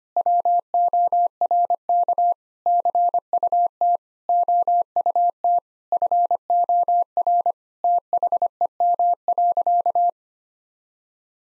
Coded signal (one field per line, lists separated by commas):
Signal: Morse code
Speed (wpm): 25 wpm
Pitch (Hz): 700 Hz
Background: none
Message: WORK CUT OUT FOR THEM.